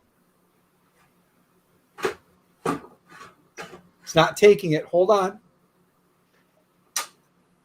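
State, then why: Seated. A plastic ink cartridge is pushed into a printer carriage after a first attempt would not take, with a few short handling knocks while someone talks. A single sharp click at 7.0 s marks the cartridge clicking home, seated.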